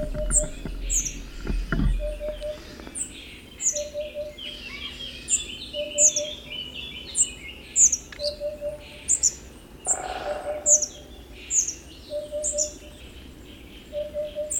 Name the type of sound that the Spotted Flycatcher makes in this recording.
song